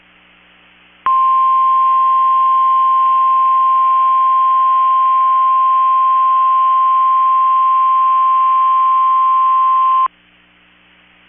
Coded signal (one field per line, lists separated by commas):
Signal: Emergency Alert System (SAME) tones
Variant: 1050 Hz attention tone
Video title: 2024 Minnesota/Wisconsin Statewide Afternoon Tornado Drill on KEC65 (EAS #1045)